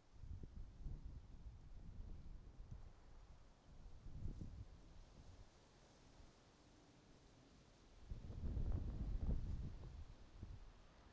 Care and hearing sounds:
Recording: everyday scene through a hearing-aid microphone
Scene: wind on the microphone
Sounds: wind, traffic, birds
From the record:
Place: suburban garden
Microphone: in the ear canal, right

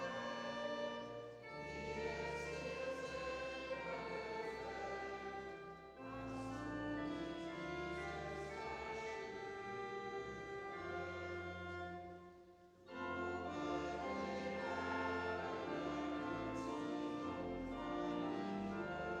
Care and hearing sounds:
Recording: everyday scene through a hearing-aid microphone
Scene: reverberant space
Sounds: music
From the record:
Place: church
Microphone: in the ear canal, left

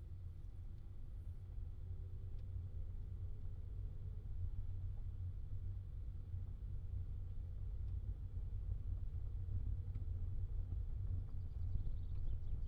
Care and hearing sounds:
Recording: everyday scene through a hearing-aid microphone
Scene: in a vehicle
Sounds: engine, rumble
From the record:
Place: Skoda Fabia, gasoline engine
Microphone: in the ear canal, left

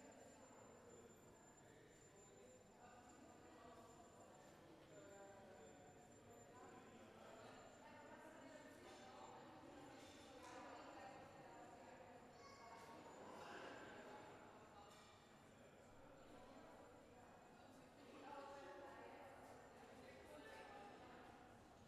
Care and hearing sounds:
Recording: everyday scene through a hearing-aid microphone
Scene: reverberant space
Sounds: background noise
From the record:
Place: railway station hall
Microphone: behind the ear, left, front

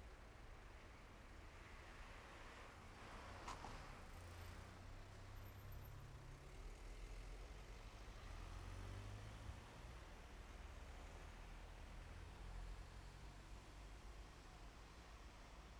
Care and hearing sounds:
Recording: everyday scene through a hearing-aid microphone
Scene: in traffic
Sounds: traffic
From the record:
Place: main road on the outskirts, rush hour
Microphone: behind the ear, left, rear

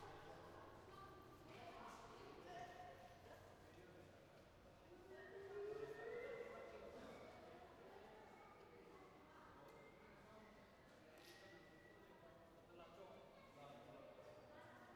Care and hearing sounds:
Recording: everyday scene through a hearing-aid microphone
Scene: reverberant space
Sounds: background noise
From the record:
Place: railway station hall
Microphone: behind the ear, right, front

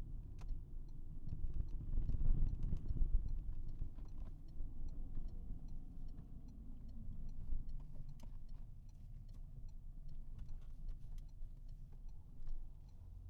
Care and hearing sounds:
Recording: everyday scene through a hearing-aid microphone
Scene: in a vehicle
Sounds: engine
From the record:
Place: Berlingo II, diesel engine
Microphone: behind the ear, right, rear

